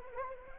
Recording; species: mosquito wingbeat signal from an infrared sensor; Anopheles arabiensis